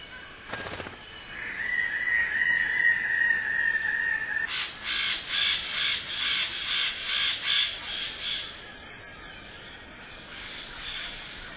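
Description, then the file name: Wallace's standardwing giving a drawn-out note, followed by a series of rhythmic pulsing rasps. "suara burung bidadari"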